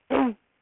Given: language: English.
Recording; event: throat vibration sensor signal played as sound; throat clearing